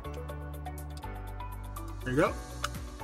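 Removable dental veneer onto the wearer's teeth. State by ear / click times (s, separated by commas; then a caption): seated / 2.7 s. A removable plastic veneer is pressed over the wearer's teeth while music plays and someone talks, and a single sharp click is heard at 2.6 s. The veneer is confirmed seated.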